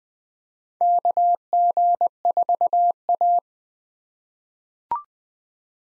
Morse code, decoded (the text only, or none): KG4A